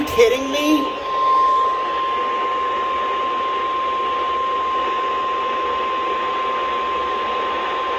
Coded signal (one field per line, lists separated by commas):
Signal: Emergency Alert System (SAME) tones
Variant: 1050 Hz attention tone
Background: speech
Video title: EAS Alerts from 1/24/23 (EAS 17-31) (Part 1)